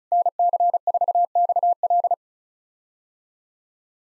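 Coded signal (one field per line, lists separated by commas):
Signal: Morse code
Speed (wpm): 36 wpm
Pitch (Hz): 700 Hz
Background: none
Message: NC4XL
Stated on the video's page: POTA exchange practice at 35 wpm; each exchange sent in Morse, spoken, then sent again.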